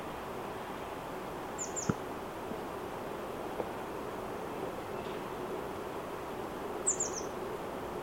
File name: Cyanistes caeruleus